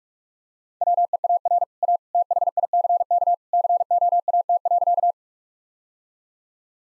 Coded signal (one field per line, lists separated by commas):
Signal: Morse code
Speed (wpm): 46 wpm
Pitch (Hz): 700 Hz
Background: none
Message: WEAR A THICK COAT.